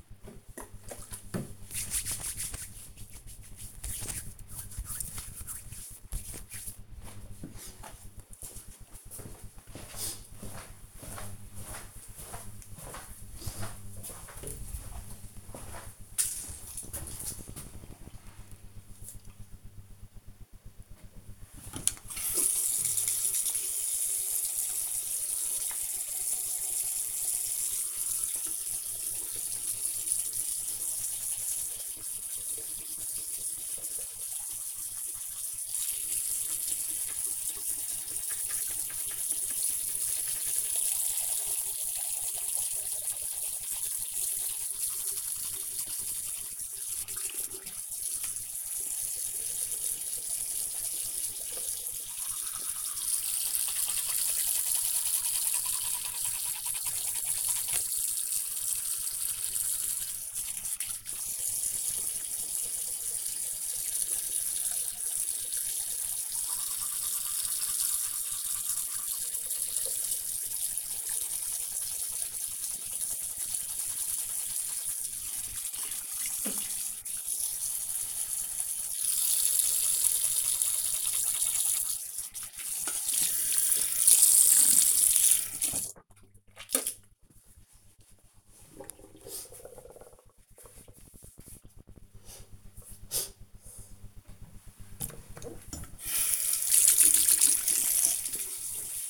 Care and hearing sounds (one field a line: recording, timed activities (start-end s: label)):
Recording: household activities, microphone on the right wrist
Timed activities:
0.00-7.08 s: disinfecting hands
20.17-86.66 s: brushing teeth
93.73-99.10 s: washing hands